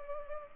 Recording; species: mosquito wingbeat signal from an infrared sensor; Culex pipiens